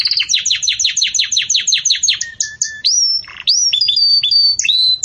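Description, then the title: Canary song: a quick series of repeated downslurred chips, then a low steady note, rising whistled slides and bright tonal phrases. Belgian canary song, described as campainha, used for breeding chicks to learn from. "Belíssimo Canto Do Canário Belga Campainha Para Encarte De Filhotes"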